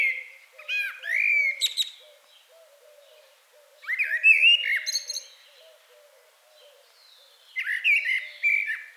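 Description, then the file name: Common blackbird song: three mellow warbling phrases, each finishing in thin high squeaks, about every four seconds, over a faint low repeated hooting. "Turdus merula"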